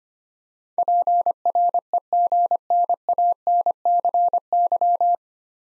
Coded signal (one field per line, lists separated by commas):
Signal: Morse code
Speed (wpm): 25 wpm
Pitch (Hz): 700 Hz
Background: none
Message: PREGNANCY